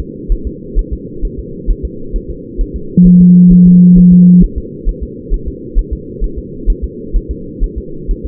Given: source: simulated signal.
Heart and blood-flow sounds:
fetal heart sounds
0.00 s: S2
0.32 s: S1
0.47 s: S2
0.79 s: S1
0.93 s: S2
1.25 s: S1
1.39 s: S2
1.71 s: S1
1.85 s: S2
2.16 s: S1
2.31 s: S2
2.61 s: S1
2.76 s: S2
3.07 s: S1
3.21 s: S2
3.52 s: S1
3.67 s: S2
3.98 s: S1
4.13 s: S2
4.44 s: S1
4.58 s: S2
4.89 s: S1
5.03 s: S2
5.34 s: S1
5.48 s: S2
5.79 s: S1
5.93 s: S2
6.24 s: S1
6.39 s: S2
6.70 s: S1
6.84 s: S2
7.16 s: S1
7.31 s: S2
7.64 s: S1
7.78 s: S2
8.11 s: S1
8.26 s: S2
From the record:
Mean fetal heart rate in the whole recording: 130 bpm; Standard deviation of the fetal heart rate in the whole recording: 4 bpm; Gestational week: 38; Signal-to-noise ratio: -4.3 dB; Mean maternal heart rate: 72 bpm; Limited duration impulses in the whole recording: present

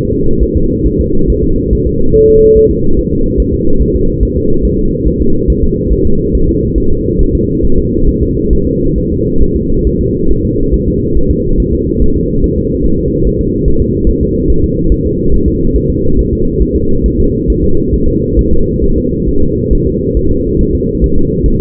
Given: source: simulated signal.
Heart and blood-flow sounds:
fetal heart sounds
0.13 s: S2
0.43 s: S1
0.57 s: S2
0.86 s: S1
1.00 s: S2
1.30 s: S1
1.44 s: S2
1.73 s: S1
1.87 s: S2
2.16 s: S1
2.30 s: S2
2.57 s: S1
2.71 s: S2
2.99 s: S1
3.13 s: S2
3.40 s: S1
3.54 s: S2
3.81 s: S1
3.95 s: S2
4.23 s: S1
4.37 s: S2
4.65 s: S1
4.79 s: S2
5.08 s: S1
5.22 s: S2
5.50 s: S1
5.64 s: S2
5.92 s: S1
6.06 s: S2
6.35 s: S1
6.49 s: S2
6.78 s: S1
6.92 s: S2
7.21 s: S1
7.35 s: S2
7.64 s: S1
7.78 s: S2
8.08 s: S1
8.22 s: S2
8.53 s: S1
8.67 s: S2
8.98 s: S1
9.12 s: S2
9.42 s: S1
9.56 s: S2
9.87 s: S1
10.01 s: S2
10.31 s: S1
10.45 s: S2
10.74 s: S1
10.88 s: S2
11.17 s: S1
11.31 s: S2
11.60 s: S1
11.74 s: S2
12.02 s: S1
12.16 s: S2
12.44 s: S1
12.58 s: S2
12.86 s: S1
13.00 s: S2
13.27 s: S1
13.41 s: S2
13.68 s: S1
13.82 s: S2
14.09 s: S1
14.23 s: S2
14.50 s: S1
14.64 s: S2
14.92 s: S1
15.06 s: S2
15.34 s: S1
15.48 s: S2
15.76 s: S1
15.90 s: S2
16.19 s: S1
16.33 s: S2
16.62 s: S1
16.76 s: S2
17.06 s: S1
17.20 s: S2
17.50 s: S1
17.64 s: S2
17.94 s: S1
18.08 s: S2
18.39 s: S1
18.53 s: S2
18.84 s: S1
18.98 s: S2
19.28 s: S1
19.42 s: S2
19.73 s: S1
19.87 s: S2
20.17 s: S1
20.31 s: S2
20.61 s: S1
20.75 s: S2
21.04 s: S1
21.18 s: S2
21.46 s: S1
21.60 s: S2
From the record:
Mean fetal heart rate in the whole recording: 140 bpm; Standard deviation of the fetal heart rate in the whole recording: 2 bpm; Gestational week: 34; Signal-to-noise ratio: -17.7 dB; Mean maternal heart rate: 72 bpm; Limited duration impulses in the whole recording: present

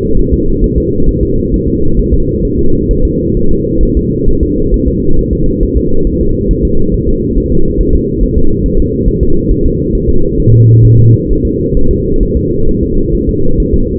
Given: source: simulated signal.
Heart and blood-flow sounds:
fetal heart sounds
0.19 s: S1
0.33 s: S2
0.64 s: S1
0.78 s: S2
1.09 s: S1
1.23 s: S2
1.54 s: S1
1.68 s: S2
2.00 s: S1
2.14 s: S2
2.45 s: S1
2.59 s: S2
2.91 s: S1
3.05 s: S2
3.37 s: S1
3.51 s: S2
3.83 s: S1
3.97 s: S2
4.29 s: S1
4.43 s: S2
4.74 s: S1
4.88 s: S2
5.19 s: S1
5.33 s: S2
5.63 s: S1
5.77 s: S2
6.07 s: S1
6.21 s: S2
6.51 s: S1
6.65 s: S2
6.94 s: S1
7.09 s: S2
7.38 s: S1
7.52 s: S2
7.81 s: S1
7.95 s: S2
8.23 s: S1
8.38 s: S2
8.66 s: S1
8.80 s: S2
9.09 s: S1
9.23 s: S2
9.52 s: S1
9.66 s: S2
9.95 s: S1
10.09 s: S2
10.40 s: S1
10.54 s: S2
10.85 s: S1
10.99 s: S2
11.31 s: S1
11.45 s: S2
11.77 s: S1
11.91 s: S2
12.23 s: S1
12.37 s: S2
12.69 s: S1
12.83 s: S2
13.15 s: S1
13.29 s: S2
13.60 s: S1
13.74 s: S2
From the record:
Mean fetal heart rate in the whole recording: 135 bpm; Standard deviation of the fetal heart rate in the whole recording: 3 bpm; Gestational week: 36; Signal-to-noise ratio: -19.1 dB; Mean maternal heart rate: 72 bpm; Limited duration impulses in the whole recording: present

